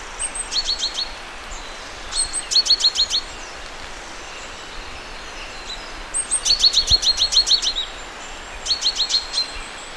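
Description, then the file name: Great tit sounding fast, dry chattering runs of high notes, four bursts with pauses, over steady outdoor hiss. "Parus major"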